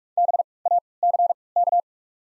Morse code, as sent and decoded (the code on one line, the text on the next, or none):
-... / .- / -.-. / -.-
B A C K